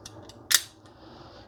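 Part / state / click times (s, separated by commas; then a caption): ratchet flex head into its locking detent / seated / 0.5 s. The locking flex head of a 1/2 in drive steel ratchet is swung through its positions and locks into the 90° detent. A faint tick at about 0.1 s comes before a sharp, bright click at 0.6 s as the head seats, which fades quickly into a quiet hiss.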